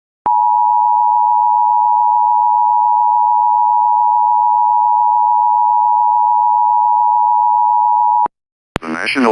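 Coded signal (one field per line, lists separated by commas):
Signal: Emergency Alert System (SAME) tones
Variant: 853 and 960 Hz attention tone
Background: speech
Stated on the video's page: Mock, simulated EAS Tornado Watch scenario for New Jersey, not a real alert.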